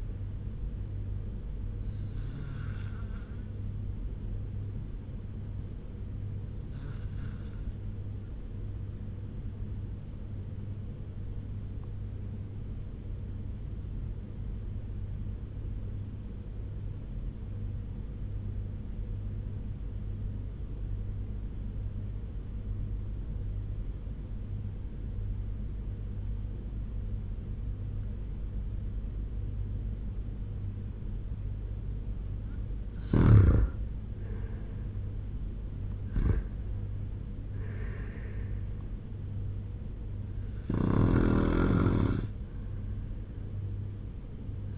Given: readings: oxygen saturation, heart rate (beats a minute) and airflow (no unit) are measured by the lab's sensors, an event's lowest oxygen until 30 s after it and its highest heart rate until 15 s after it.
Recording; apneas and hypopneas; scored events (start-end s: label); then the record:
breathing in sleep by a smartphone at the bedside; 1
10.00-34.70 s: obstructive apnea (REM, oxygen 95% highest, then 87% lowest, heart rate 78 at the start, 91 highest)
27.00-44.78 s: new sleep stage, N1 (lightest sleep)
From the record:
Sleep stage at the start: REM sleep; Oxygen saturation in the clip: 88 to 95%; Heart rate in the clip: 73 to 91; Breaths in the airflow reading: 5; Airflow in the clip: -3.8 to 5.4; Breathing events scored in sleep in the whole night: 201 in 6.5 hours asleep